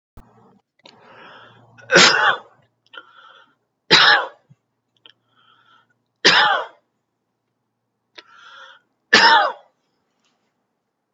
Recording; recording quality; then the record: heavy voluntary cough; excellent, no background noise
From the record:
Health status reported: healthy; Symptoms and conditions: none ticked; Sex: male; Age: 53 years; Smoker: not ticked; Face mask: not worn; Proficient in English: yes